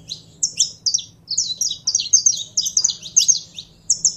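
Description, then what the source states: Canary singing a quick sequence of high, bright, slurred notes, closely spaced and rhythmic, with a faint steady hum underneath. Purebred Belgian canary singing.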